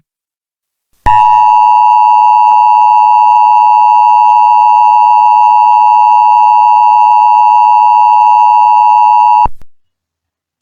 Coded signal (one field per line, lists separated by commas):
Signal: Emergency Alert System (SAME) tones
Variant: 853 and 960 Hz attention tone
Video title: The SMG3 Invasion: Zombie Plague: The Future (An EAS Scenario)